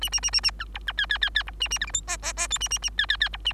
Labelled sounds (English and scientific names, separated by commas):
Bengalese Finch (Lonchura striata domestica) song